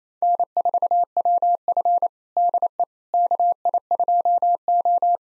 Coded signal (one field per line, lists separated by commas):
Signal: Morse code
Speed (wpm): 27 wpm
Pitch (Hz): 700 Hz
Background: none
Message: N4WF DE KI2O